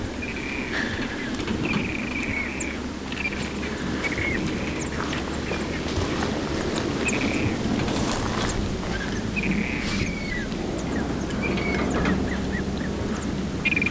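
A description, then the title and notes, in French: Flamingos wading at the edge of a lagoon honk in repeated nasal calls over a steady low rumble of splashing and wind throughout. Flamants roses du Sud Lipez. Sud de la Bolivie, un désert: le Sud Lipez. Au bord de la Laguna Colorada, des flamants roses pataugent. Etant loin, le micro est poussé au max. D'où le vent et le souffle.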